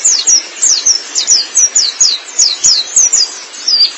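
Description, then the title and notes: White-eye song: a quick series of very high, thin, sharply falling notes. Long-duration recording of chirping song (kicauan). "Kicauan Burung Pleci Durasi Panjang. Suara kicauan burung pleci"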